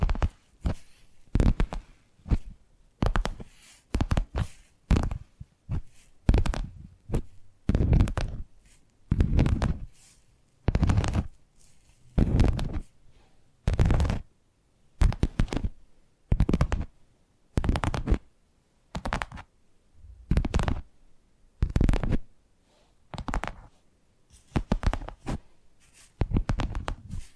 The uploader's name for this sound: Addictive Tapping Triggers